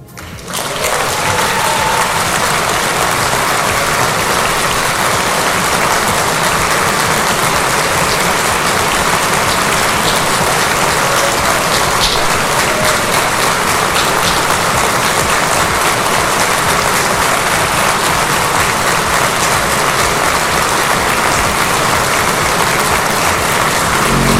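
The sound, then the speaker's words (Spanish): Sustained applause for Nayib Bukele from supporters and citizens in an assembly hemicycle, after he declares war on corruption, a dense, steady wash of clapping that holds at the same loud level for the whole stretch without pause or speech. “El aplauso desde luego es largo para Nayib Bukele de parte de quienes le siguen en la asamblea y también por parte de la ciudadanía que se hizo presente en ese hemiciclo”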